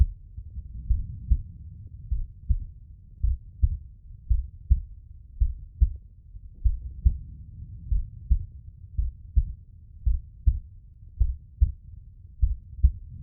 Heart Beat.